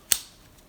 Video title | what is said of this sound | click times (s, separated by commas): Amazing results refurbishing my bargain locks [61] | solid snap easy operation beautiful | 0.1 s